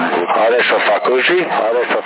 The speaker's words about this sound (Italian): Poi c'ha così, cambio. Questo è proprio eco ripetitivo.